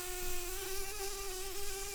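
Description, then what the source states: Brown-banded carder bee giving a steady, continuous buzz with a low drone and faint overtones, unchanging over two seconds against a hissy background. Queens.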